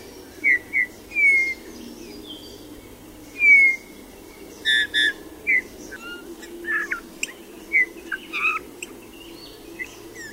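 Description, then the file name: Eurasian bullfinch delivering a series of mellow piped whistles mixed with short scratchy notes, irregularly spaced throughout, against a faint steady background hiss. "Gil"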